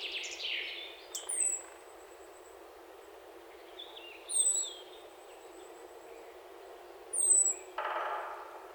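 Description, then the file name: European robin repeating a thin, high, falling whistle three times, roughly every three seconds, with a few softer chirps and rustles around them. "Erithacus rubecula"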